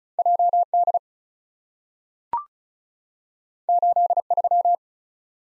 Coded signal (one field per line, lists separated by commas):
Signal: Morse code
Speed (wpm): 36 wpm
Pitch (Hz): 700 Hz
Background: none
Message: J D 8 3